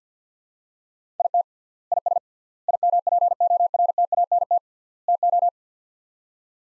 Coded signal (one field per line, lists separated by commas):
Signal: Morse code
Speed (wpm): 46 wpm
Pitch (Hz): 700 Hz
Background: none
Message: IT IS IMPORTANT TO